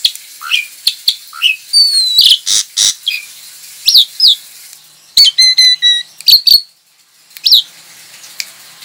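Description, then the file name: Javan pied starling song: chattering bursts, sharp upslurred whistles and a quick series of repeated chips, loud and varied with brief gaps. Lure call (pancingan) of the Javan pied starling, used to attract birds. "suara pancingan jalak suren"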